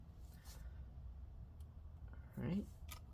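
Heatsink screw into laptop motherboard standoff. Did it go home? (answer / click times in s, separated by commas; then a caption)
no / none. The last heatsink screw on the cooling assembly of a Dell Latitude 7390 2-in-1 laptop is handled over its metal standoff on the motherboard, about to be twisted backwards until its thread drops into the start. Someone talks briefly, a louder rustling burst comes around 2.5 s, and faint ticks are heard at 2.1 and 2.9 s. Nothing has seated or clicked yet.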